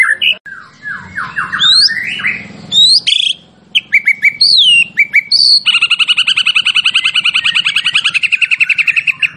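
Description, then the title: White-rumped shama song of rising whistled slurs and sharp varied phrases, ending in a long rapid even trill of repeated notes with a low hum beneath. Champion bird; masteran (training) recording. "Masteran Murai Batu Juara"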